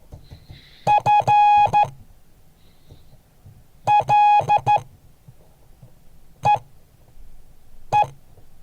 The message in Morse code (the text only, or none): FLEE